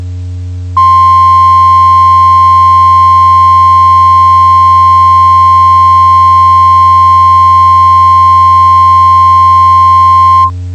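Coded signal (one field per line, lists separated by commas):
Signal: Emergency Alert System (SAME) tones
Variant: 1050 Hz attention tone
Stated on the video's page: Simulated mock Required Weekly Test set in Los Santos.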